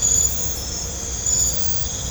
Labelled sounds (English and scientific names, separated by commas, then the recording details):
none
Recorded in pastures near Puerto Asís, Putumayo, Colombia, on 18 December 2024 at 00:00
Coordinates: 0.502, -76.324
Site G077